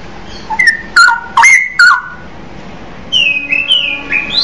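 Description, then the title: Oriental magpie-robin song: a few loud slurred whistles, then a pause and a higher, thinner run of sweeping notes over a faint hiss. "Kicau Kacer"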